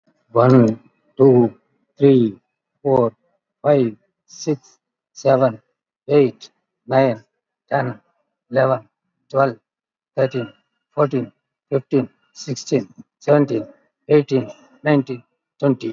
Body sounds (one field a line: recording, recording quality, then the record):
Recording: counting at a normal pace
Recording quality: excellent, no background noise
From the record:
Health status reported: COVID-19 positive, moderate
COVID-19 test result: positive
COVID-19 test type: RT-PCR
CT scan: taken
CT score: 13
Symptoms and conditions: cough, cold, breathing difficulty, sore throat, fever, fatigue, muscle pain, asthma, another respiratory illness, hypertension, ischaemic heart disease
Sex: male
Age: 81 years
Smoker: no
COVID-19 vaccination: both doses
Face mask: worn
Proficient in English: yes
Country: India